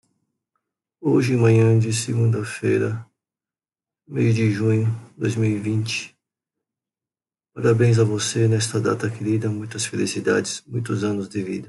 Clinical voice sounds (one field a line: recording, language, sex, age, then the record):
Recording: short text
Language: Brazilian Portuguese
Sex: male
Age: 60 to 69 years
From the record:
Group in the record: control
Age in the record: 61 years